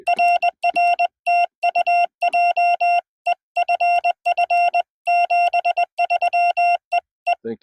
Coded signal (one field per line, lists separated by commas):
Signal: Morse code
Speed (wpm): 19 wpm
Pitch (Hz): 690 Hz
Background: none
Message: RR TU JEFF 73 EE